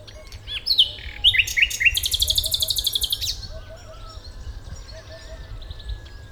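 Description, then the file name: Common nightingale song: several slurred whistled notes, then a fast, loud rattling trill, with faint low repeated notes and a steady low rumble behind. "Luscinia megarhynchos"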